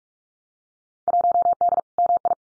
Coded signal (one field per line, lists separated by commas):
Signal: Morse code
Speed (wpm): 46 wpm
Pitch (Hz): 700 Hz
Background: none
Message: 1D MI